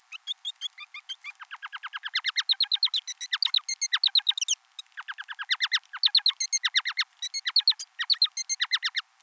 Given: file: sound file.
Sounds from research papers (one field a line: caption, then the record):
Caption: An example song from the same bird from Audio S3 following right devocalization. Note the retention of higher frequency components in the bird's song.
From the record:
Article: Syringeal Specialization of Frequency Control during Song Production in the Bengalese Finch (Lonchura striata domestica)